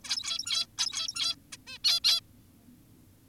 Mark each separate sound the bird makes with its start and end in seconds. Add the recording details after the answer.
0.04-0.67, 0.78-1.35, 1.53-1.57, 1.67-1.78, 1.84-2.00, 2.04-2.21. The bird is an adult. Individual g17y2U